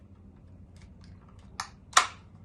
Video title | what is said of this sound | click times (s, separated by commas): Installing dual HDMI Lid on Intel Nuc 10th gen | the lid to snap right in | 1.6 s, 2.0 s